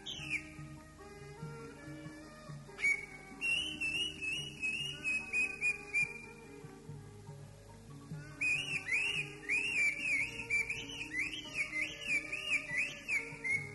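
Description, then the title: Greater green leafbird song, a run of clear, warbling whistles rising and falling quickly in pitch, with pauses between phrases, over low background noise. "Kicau Burung Cucak Ijo"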